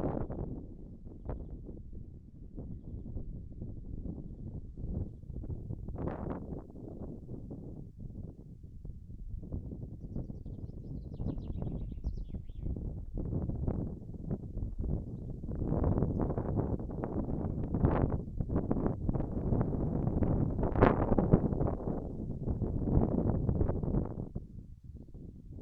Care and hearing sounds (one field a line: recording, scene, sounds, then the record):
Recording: everyday scene through a hearing-aid microphone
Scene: wind on the microphone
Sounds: wind, birds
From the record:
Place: in front of a rural house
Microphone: behind the ear, right, front